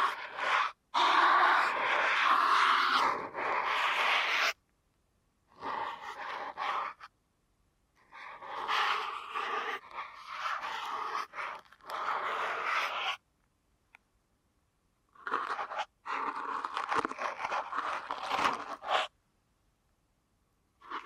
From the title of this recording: ASMR Deep Ear Canal Massage